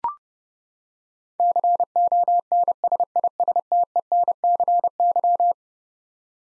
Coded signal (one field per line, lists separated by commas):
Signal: Morse code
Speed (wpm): 30 wpm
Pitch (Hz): 700 Hz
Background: none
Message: CONSISTENCY